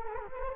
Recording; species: mosquito wingbeat signal from an infrared sensor; Culex quinquefasciatus